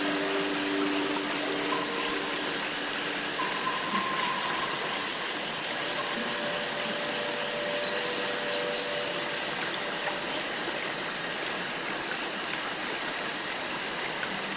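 Cicadas fill the rainforest with a dense, steady hiss that barely changes over the whole stretch, pulsing faintly up high. Thin whining tones drift over it, a low one early on, a higher one around four seconds, and another from about six to nine seconds.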